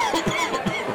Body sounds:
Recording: coughing mixed with background sound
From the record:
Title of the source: Dry Coughing Fit in the Afternoon.

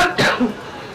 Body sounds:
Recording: coughing mixed with background sound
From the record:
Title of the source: Barking cough - # 10

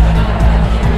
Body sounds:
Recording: background sound without coughing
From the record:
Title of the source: Party Noise 1 Hour Party Ambience

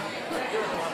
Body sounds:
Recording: coughing mixed with background sound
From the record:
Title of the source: Spring Allergy Coughing

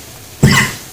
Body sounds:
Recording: coughing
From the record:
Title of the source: Mid-morning Winter Coughing Fit

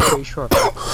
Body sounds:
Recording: coughing mixed with background sound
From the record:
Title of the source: Coughing 79

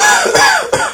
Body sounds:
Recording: coughing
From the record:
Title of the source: Spring Cold Coughing 2

